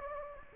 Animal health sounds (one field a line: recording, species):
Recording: mosquito wingbeat signal from an infrared sensor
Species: Anopheles gambiae